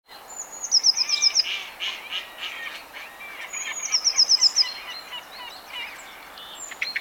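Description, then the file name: Eurasian blue tit singing: two phrases, each a thin high note followed by a quick run of about five sharp notes, over a busy background of other birds. "Cyanistes caeruleus"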